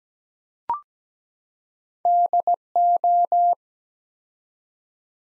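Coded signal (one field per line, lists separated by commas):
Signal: Morse code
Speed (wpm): 17 wpm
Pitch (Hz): 700 Hz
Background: none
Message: DO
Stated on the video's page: Morse practice sentences from the top 100 words at 17 wpm with 4x standard word spacing, a Farnsworth-like word-spacing drill.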